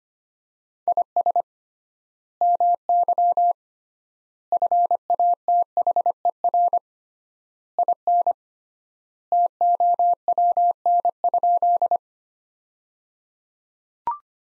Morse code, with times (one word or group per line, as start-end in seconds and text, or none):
0.9-1.4 IS
2.4-3.5 MY
4.5-6.8 FATHER
7.8-8.3 IN
9.3-12.0 TOWN?